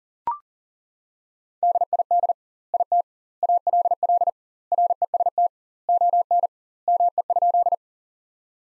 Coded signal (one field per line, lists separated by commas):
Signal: Morse code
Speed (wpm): 37 wpm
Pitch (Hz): 700 Hz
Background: none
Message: DID IT ALL REST ON ME?